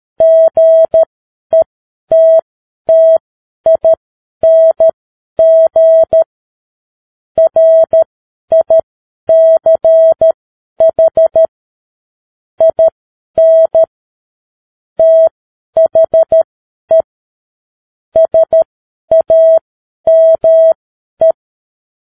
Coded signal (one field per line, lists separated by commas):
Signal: Morse code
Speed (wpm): 13 wpm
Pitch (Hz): 650 Hz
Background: none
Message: GETTING RICH IN THE SAME